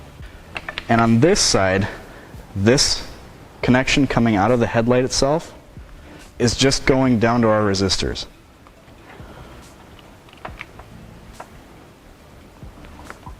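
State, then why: Not seated. On a 2007-2017 Dodge Ram HID low beam install, the headlight wiring connector coming out of the headlight is being handled toward the resistor harness connector, with a few light ticks and rustles of handling while someone talks. The clip ends before the connector goes home, so nothing has seated or clicked yet.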